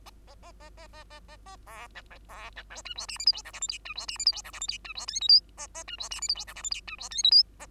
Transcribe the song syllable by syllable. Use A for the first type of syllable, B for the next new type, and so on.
A A A A A A A A A B C B C D E F G H I J K L M N E F G H I J K L M N E F O P Q A A E F G H I J K L M N E F O P Q A